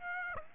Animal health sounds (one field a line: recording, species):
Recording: mosquito wingbeat signal from an infrared sensor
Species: Aedes aegypti